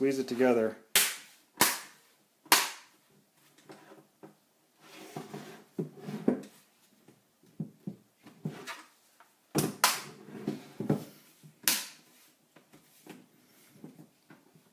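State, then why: Seated. Hands squeeze around the edges of an Acer ES1-511-C59V laptop's keyboard deck, pressing it into the base chassis after an SSD install so its plastic snap clips engage one after another. Sharp pops ring out at 1.0, 1.6, 2.5, 9.8 and 11.7 seconds while someone talks. The deck clips fully seat into the base.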